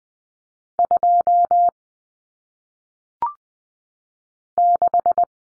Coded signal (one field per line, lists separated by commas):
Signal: Morse code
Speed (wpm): 20 wpm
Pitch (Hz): 700 Hz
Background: none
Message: 2 6